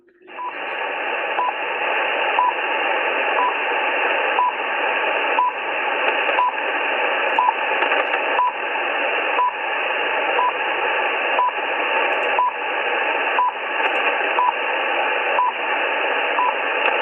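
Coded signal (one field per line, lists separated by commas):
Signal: radio time signal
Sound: short high beeps once every second over constant radio hiss, about 16 ticks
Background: radio static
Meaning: Each short pip marks one second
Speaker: sounding very good now. The Russian time signal station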